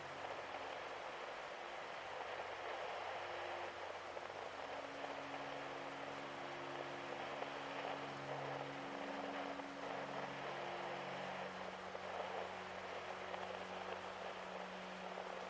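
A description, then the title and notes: Steady, dense rain hiss runs throughout, while soft sustained low music tones slowly shift and overlap beneath it without any sharp events. Calming Ambient Music with Rain Sounds.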